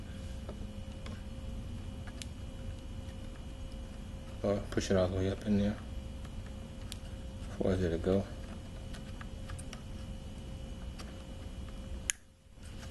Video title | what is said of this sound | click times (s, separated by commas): FUEL PUMPS kia sedona, dodge caravan | I heard a little snap. | 12.1 s